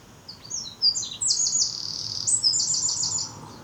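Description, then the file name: Eurasian wren singing a fast, piercing run of high twittering notes that breaks into rattling trills, about three seconds long, over low background noise. "Troglodytes troglodytes"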